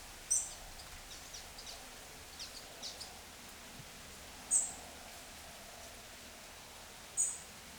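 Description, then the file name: European robin calling with three very high, thin, short notes spaced a few seconds apart, plus faint softer ticks over steady hiss. "Erithacus rubecula"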